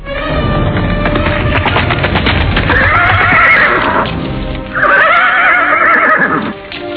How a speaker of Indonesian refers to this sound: Baru setelah matahari terbenam, Sugatra datang terburu-buru menunggangi kudanya memasuki halaman.